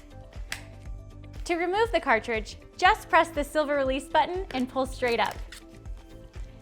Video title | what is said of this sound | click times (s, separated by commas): How to Assemble and Use Your Bona Spray Mop for Hard-Surface Floors | and insert the cartridge into the holder until you hear a click. | 0.5 s